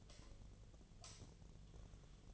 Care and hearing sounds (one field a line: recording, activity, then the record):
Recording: daily activity, microphone in the room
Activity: light off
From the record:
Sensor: 4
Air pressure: 1010.6 hPa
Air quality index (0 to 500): 174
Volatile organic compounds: 5 ppm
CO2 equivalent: 1770 ppm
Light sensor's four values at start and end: 36/106/42/42 and 36/105/41/42